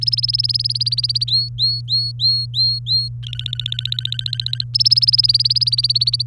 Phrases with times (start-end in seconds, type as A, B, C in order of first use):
0.01-1.24 A, 1.27-3.08 B, 3.23-4.64 C, 4.74-6.22 A